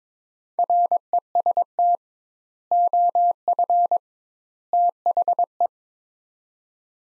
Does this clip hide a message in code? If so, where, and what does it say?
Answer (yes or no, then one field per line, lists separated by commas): yes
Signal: Morse code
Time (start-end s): 0.6-5.7 s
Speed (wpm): 22 wpm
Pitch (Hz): 700 Hz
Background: none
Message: REST OF THE